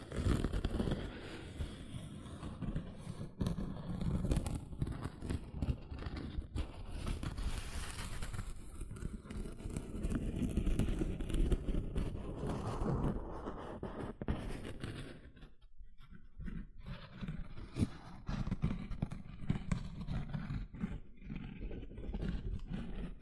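Gentle scratching runs almost without pause, a dense, rustling texture weighted toward the low and middle range with quick, irregular strokes. Around sixteen seconds it thins into sparser, separate scrapes before building back into steady scratching to the end.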